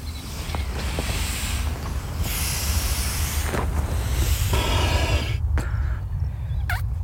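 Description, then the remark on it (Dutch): Someone blows air into a swim buoy by mouth before going into the water to swim, in several long, breathy puffs, with a rushing hiss and a few squeaky clicks, all over steady wind noise. “je blaast even de boei op.”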